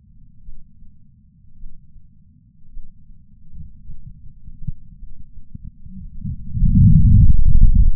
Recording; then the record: heart sounds by patch sensor on the chest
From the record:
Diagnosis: coronary artery disease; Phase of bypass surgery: intraoperative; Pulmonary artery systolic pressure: 22 mmHg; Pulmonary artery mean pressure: 14 mmHg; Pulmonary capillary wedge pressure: 10 mmHg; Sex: male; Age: 75 years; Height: 167 cm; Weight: 58 kg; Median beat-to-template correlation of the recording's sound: 0.95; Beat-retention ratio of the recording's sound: 0.99